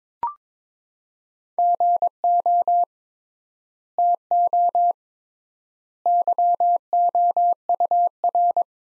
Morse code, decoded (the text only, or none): GO TO YOUR